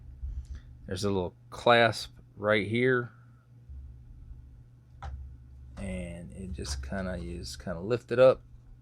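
Someone talks while a plastic arm on a toy action figure is lifted up toward a small clasp that is meant to lock it in place. A few faint handling ticks sound between the words, including a sharper one near 5.0 s. Nothing has seated or clicked yet; the arm is handled but not yet home.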